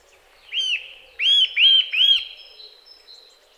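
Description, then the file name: Eurasian nuthatch calls, four loud arched notes, one then three in quick succession, with a thin high tone running behind. "Sitta europaea"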